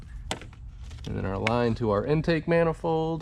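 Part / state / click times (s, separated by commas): PCV hose quick-connect onto engine fitting / seated / 0.3 s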